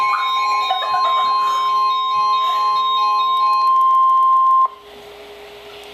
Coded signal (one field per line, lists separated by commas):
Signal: Emergency Alert System (SAME) tones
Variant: 1050 Hz attention tone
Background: music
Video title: TORNADO WARNING {#8 for 9-8-12} (EAS #620)